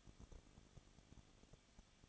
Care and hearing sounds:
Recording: daily activity, microphone in the room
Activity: no activity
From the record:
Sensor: 4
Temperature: 23.1 degrees Celsius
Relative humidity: 34.1%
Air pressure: 1007.2 hPa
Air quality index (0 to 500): 216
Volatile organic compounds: 15 ppm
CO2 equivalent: 2498 ppm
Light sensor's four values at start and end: 2/3/1/1 and 2/3/1/1

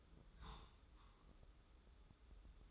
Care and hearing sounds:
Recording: daily activity, microphone in the room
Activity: take from stove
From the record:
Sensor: 3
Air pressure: 995.4 hPa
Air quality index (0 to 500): 85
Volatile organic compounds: 8 ppm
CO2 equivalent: 2067 ppm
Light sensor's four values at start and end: 25/78/32/28 and 25/78/32/28

